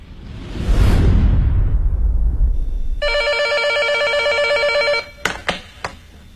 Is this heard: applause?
no